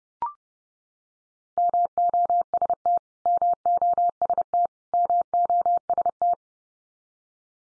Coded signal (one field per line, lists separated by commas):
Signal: Morse code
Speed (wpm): 30 wpm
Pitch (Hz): 700 Hz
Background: none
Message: MOST MOST MOST